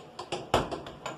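The handle on the cast-iron/steel oven door of a Chambers stove is worked to latch the door into the oven frame, clipping it tight so the metal-to-metal seal, which has no rubber gasket, closes. A series of five short, sharp knocks sounds, with the loudest at 0.5 s when the handle latches the door shut and seated.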